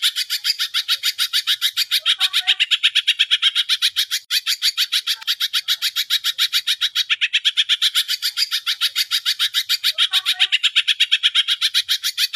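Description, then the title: Greater green leafbird pouring out a long, nearly unbroken string of quick, scratchy pulses, with one brief break and scattered soft lower notes. Singing actively ('gacor'); masteran and pancingan, training and prompting audio for cage birds. "Masteran & Pancingan Cucak Ijo Gacor"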